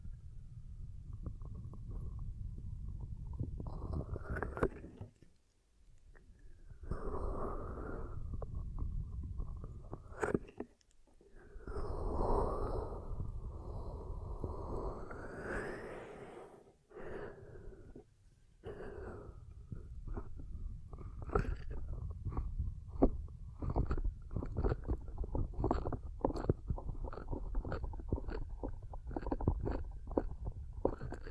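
Ear cupping sounds: muffled, low rumbling swells of hands over the ears, rising and falling in waves with brief quiet gaps near 5, 10 and 17 seconds. From about 19 seconds the hands switch to quick, regular patting and clicking taps that continue to the end.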